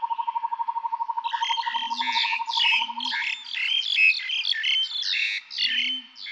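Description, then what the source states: Birds chirping, a rapid even trill at the start giving way to a thick mass of harsh, overlapping chirps, with a few soft low hoots. Calm forest atmosphere.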